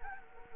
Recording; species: mosquito wingbeat signal from an infrared sensor; Anopheles gambiae